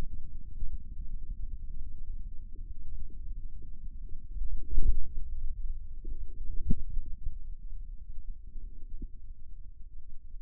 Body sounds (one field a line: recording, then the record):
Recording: forearm muscle sounds (acoustic myography)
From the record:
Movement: inward rotation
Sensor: system 2, bracelet of six BSWA MPA416 microphones around the upper forearm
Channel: 3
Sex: male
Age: 22 years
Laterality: right